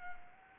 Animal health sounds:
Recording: mosquito wingbeat signal from an infrared sensor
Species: Anopheles arabiensis

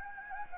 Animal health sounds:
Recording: mosquito wingbeat signal from an infrared sensor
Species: Anopheles gambiae

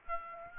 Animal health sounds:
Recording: mosquito wingbeat signal from an infrared sensor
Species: Aedes aegypti

